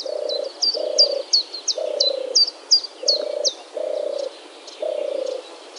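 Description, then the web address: European Turtle Dove giving deep, vibrating purrs in a steady series of six, while another bird repeats quick, bright high notes over the top. "vogelstimmen turteltaube johannes buhl"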